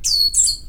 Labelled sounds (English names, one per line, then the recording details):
Stitchbird song
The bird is a male
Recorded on Tiritiri Matangi Island, New Zealand, in 2005
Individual 22, of nest box 31